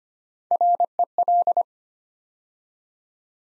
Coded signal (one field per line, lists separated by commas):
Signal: Morse code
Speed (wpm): 25 wpm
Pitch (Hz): 700 Hz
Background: none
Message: REL